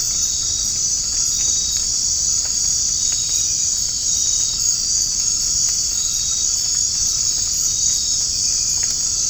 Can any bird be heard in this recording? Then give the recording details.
no. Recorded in dense forest near Puerto Asís, Putumayo, Colombia, on 24 March 2025 at 19:00. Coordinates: 0.500, -76.322. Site GP06